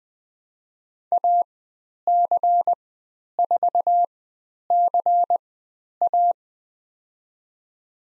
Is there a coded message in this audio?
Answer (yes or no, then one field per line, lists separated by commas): yes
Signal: Morse code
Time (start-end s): 1.1-6.3 s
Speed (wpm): 20 wpm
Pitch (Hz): 700 Hz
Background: none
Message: AC4CA